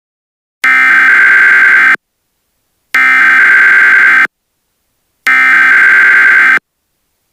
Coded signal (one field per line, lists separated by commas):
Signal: Emergency Alert System (SAME) tones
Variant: header bursts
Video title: EAS Mock -- **Civil Danger Warning** after a huge 7.5 quake [15h45/3.45p/3:45PM] (READ DESCRIPTION)